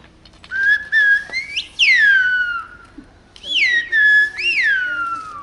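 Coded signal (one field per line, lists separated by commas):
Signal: whistled language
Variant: Aas whistled Occitan (Béarnese)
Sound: several clear whistled phrases with steady notes, sharp rising and falling pitch glides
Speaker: ici c'était ça servait à amène-moi à porte la barrière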